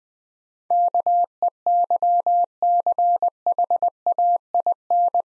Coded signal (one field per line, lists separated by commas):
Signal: Morse code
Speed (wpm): 20 wpm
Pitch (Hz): 700 Hz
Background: none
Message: KEYCHAIN